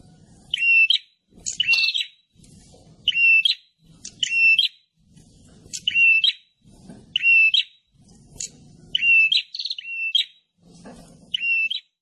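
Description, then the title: Prinia calling steadily, repeated buzzy chirps with a flat note and quick upward tail, over a low hum between calls. Noisy prinia calls used as a lure to attract birds, including red-headed prinias. "Suara Prenjak Ribut Buat Pikat Burung Prenjak Kepala Merah Prenjak Tamu"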